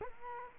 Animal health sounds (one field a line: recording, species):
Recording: mosquito wingbeat signal from an infrared sensor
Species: Culex quinquefasciatus